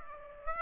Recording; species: mosquito wingbeat signal from an infrared sensor; Aedes aegypti